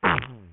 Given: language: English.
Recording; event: throat vibration sensor signal played as sound; throat clearing